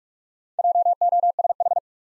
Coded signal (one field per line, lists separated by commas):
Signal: Morse code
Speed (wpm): 42 wpm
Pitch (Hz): 700 Hz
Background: none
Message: JOSH